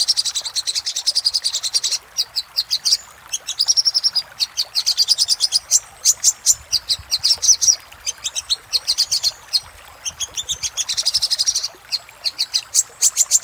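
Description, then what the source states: Little spiderhunter singing busy strings of high, sharp notes, repeated in bursts of a few seconds separated by short silences, some passages blurring together. Singing used as a master (masteran) for training cage birds, labelled 'Labaik'.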